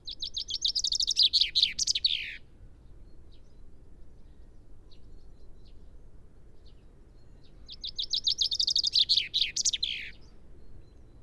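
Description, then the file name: Common chaffinch giving two song phrases separated by a long pause, each a fast rattling series of high notes ending in a descending flourish, with faint chirps between. "Fringilla coelebs"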